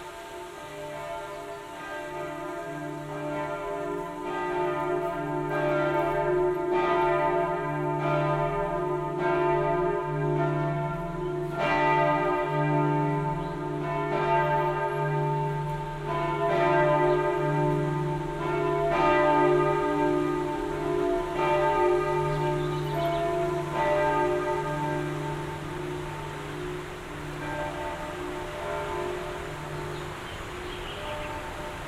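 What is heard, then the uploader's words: Cathedral bells ring in a steady, overlapping peal with a deep sustained hum beneath, strokes falling about once a second before slowly fading. Binaural production. Generative soundscape based on a two-dimensional random walk between four binaural soundscapes recorded in Plzeň (Pilsen, CZ). Bells ringing at 6 pm from St Bartholomew's Cathedral.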